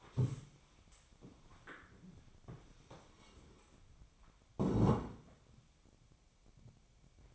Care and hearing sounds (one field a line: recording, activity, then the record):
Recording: daily activity, microphone in the room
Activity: stand up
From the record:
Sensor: 1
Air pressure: 1000.5 hPa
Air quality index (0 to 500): 174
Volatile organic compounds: 4 ppm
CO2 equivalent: 1611 ppm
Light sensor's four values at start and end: 13/30/13/14 and 13/30/13/15